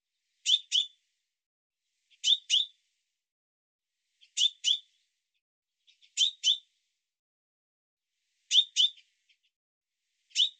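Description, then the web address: Bird calls: sharp, high chirps mostly given in quick doubled pairs, repeated at irregular intervals of about two seconds, with a single note at the end and silence between. "cianscape birddata Deverinetal Bird Fr Co"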